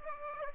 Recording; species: mosquito wingbeat signal from an infrared sensor; Aedes aegypti